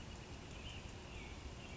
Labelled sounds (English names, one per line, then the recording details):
Ash-throated Flycatcher
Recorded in Sonoma County, California